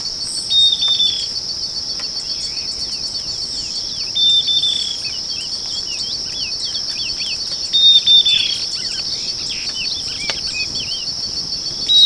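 Bird calls: brief bright whistles with trailing chirps recur about every three to four seconds over a constant high-pitched insect buzz.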